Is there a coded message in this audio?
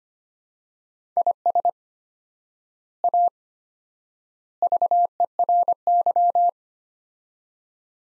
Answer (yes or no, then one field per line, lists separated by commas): yes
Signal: Morse code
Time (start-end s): 1.2-6.5 s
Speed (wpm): 25 wpm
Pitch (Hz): 700 Hz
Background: none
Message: IS A VERY